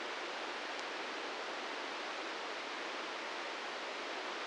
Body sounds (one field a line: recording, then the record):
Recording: brain microelectrode recording played as sound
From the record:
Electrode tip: inside the subthalamic nucleus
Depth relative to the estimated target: -4 mm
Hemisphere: left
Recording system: NeuroSet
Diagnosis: Parkinson's disease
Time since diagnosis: 13 years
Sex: male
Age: 66 years